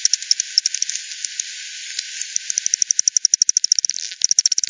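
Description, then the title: Bat echolocation: scattered single ticks, then a lively series of sharp clicks in the second half. Multiple bats at Hogsmill River, Hogsmill Lane, 7 October 2020 at 18:10; recorded with a frequency-division bat detector, bandpass filtered and resampled. "bat 20201007 T 18 : 10 Z-Hogsmill-Lane-Hogsmill-River-multiple-bats"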